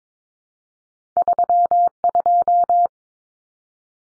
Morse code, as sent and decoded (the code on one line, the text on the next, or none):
...-- ..---
32